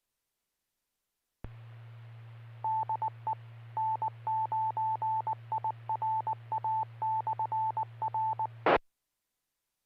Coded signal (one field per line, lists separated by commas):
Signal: Morse code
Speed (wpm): 19 wpm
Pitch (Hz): 880 Hz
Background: none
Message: DE N9IRA/R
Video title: Friday Night Fun Net | Amateur Radio Worldwide Live Stream Radio | KD9MED